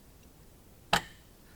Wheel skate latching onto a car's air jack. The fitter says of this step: Okay, and now it's caught in there. It's not just going to roll away.